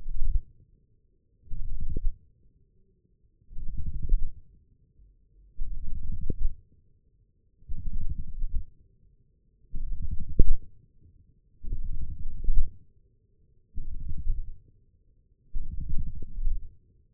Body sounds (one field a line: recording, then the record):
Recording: forearm muscle sounds (acoustic myography)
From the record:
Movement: wrist flexion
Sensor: system 1, eight BSWA MPA416 microphones around the upper forearm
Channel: 8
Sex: male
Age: 20 years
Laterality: left